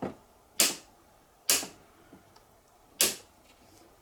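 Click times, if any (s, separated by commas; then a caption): 0.6 s, 1.5 s, 3.0 s. A movable part of a Hot Toys MMS260 DeLorean, a 1:6 scale plastic and diecast model car, is worked with both hands and clicks into position on the car body. Three sharp, loud clicks are heard at 0.6, 1.5 and 3.0 seconds, and the part is seated.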